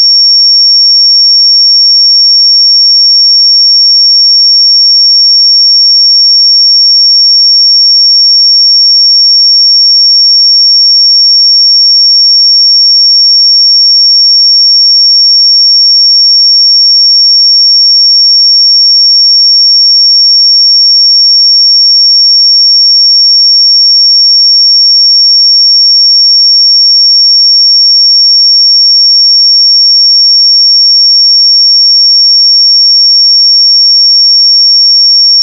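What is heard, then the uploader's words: A pure sine tone at 5507 Hz sounds without a break for the full length. It is a single high, thin whistle at one fixed pitch and an even, unchanging loudness, with nothing else in the background. 5507 Hz 1 Hz Interval Sine Pure Tone Frequency 441000 Sample Mono.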